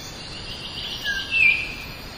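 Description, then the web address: Bornean oriole calling with a short whistled note pair, low then higher, against constant background noise. Recorded 15 October 2010. "CHIENLEE PAYAMAGA. sound bornean oriole"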